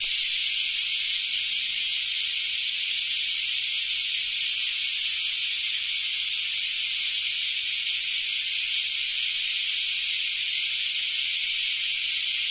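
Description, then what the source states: Cicada buzzing, a steady, dense, high-pitched hiss that holds unchanged throughout without pauses. Cicada chirping.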